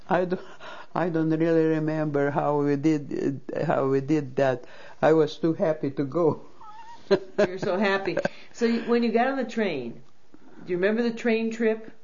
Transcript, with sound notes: I don't really remember how we did, how we did that. I was too happy to go. ( she laughs )
You were so happy. So when you got on the train, do you remember the train trip?